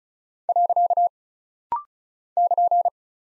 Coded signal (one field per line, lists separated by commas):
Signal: Morse code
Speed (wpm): 36 wpm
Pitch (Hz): 700 Hz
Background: none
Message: . <KN>